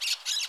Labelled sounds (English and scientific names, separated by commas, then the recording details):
Brown-throated Parakeet (Eupsittula pertinax) contact call
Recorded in Curacao
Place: along powerline, near entrance of Santa Barbara resort
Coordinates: 12.068, -68.844